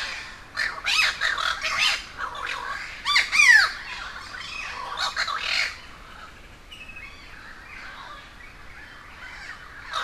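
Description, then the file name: Crows giving harsh, raspy squawks in overlapping bursts through the first half, then fading to softer, scattered calls for the last few seconds. A gathering of crows in Cuba. "Quiet American - aaron ximm-humbold park cuba-convocation of crows"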